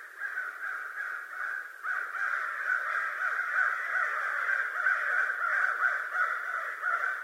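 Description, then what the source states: American crow cawing in a dense, nearly continuous chorus of harsh overlapping caws, rising and falling in loudness throughout. Recorded 25 November 2011.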